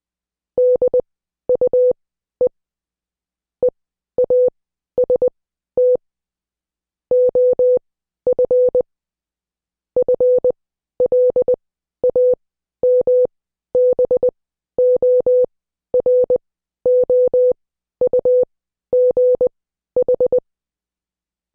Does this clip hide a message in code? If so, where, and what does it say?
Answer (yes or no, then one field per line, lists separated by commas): yes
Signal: Morse code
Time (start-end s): 0.6-20.4 s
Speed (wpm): 20 wpm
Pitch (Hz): 500 Hz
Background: none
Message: DUE EAST OF FLAMBOROUGH